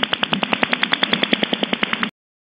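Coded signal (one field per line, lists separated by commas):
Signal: radar signal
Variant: OTH radar, 10 sweeps/s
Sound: rapid steady clicking buzz, about ten sharp pulses per second, over hiss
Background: radio static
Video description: OTH Radar en la banda de #radioaficionados de 20 metros. QRG; 14120 kHz. Ancho de banda = 40 kHz. 10 barridos por segundo (10 sps).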